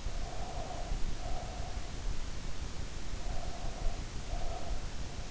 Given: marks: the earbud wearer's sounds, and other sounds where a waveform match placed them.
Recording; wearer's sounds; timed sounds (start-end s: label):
sounds in sleep by an in-ear microphone; breath
0.00-1.95 s: breath
2.94-5.12 s: breath